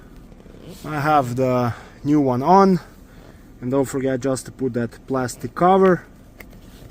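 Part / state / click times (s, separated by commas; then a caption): plastic screw cover on a van door armrest / not seated / none. Someone talks while handling the small plastic screw cover for the newly installed door armrest on a 2018 Dodge Grand Caravan/Chrysler Town & Country (2008-2020) van, with a brief faint tap near the end around 6.4 s. The cover is being handled but has not clicked into place yet.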